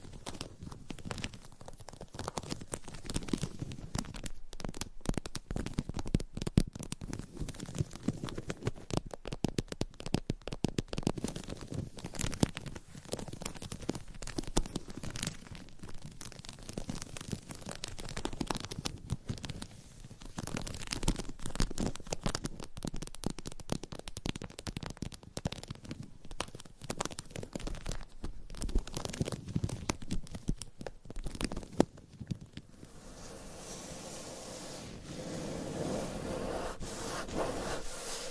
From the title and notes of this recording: ASMR Surface Scratching - Tapping - Tracing Hypnotic Asmr No Talking for Sleep with Long Nails.